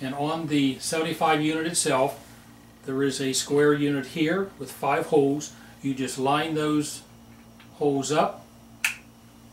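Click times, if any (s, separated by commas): 8.9 s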